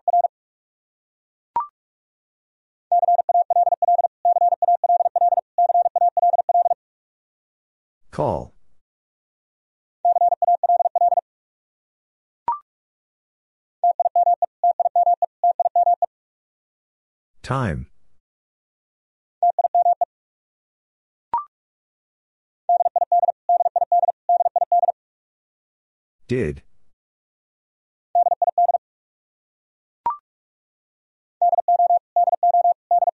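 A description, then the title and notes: A word sent in Morse code, repeated three times: a steady mid-pitched beeping tone in clusters of short dots and longer dashes with silent gaps between. Loud sweeping swooshes at about 8, 17 and 26 seconds separate the repeats, and faint clicks fall between them. Top 100 Words Repeated 45wpm. These are the most common 100 words in English. First, the word is sent three times in Morse code. Then it is spoken.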